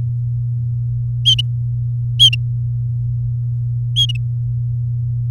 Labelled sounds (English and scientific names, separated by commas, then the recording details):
Domestic Canary (Serinus canaria) song
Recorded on 3 May 2018 at 17:04
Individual llb16